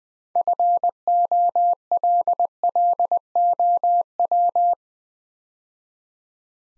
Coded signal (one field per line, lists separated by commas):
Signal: Morse code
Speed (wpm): 20 wpm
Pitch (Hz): 700 Hz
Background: none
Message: FOLLOW